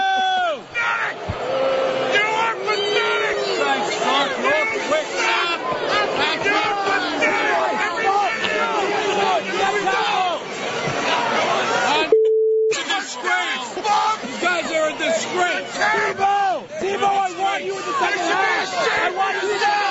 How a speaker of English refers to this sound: There are nothing but screaming bodies beneath you, ready to eat you amid fire. Right. And this is what they sound like.